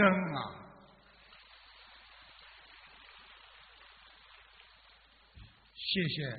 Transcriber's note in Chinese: 掌声